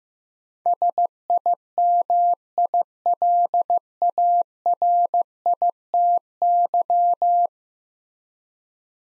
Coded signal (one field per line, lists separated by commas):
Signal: Morse code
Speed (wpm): 15 wpm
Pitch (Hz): 700 Hz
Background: none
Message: SIMILARITY